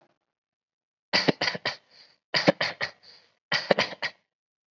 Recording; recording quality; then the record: shallow voluntary cough; excellent, no background noise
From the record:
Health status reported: COVID-19 positive, mild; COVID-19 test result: positive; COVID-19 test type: rapid antigen test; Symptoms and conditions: cough, cold, fever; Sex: male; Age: 23 years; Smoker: no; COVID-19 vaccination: both doses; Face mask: worn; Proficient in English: yes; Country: India